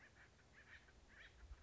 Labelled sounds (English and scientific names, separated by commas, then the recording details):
Acorn Woodpecker (Melanerpes formicivorus)
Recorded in Sonoma County, California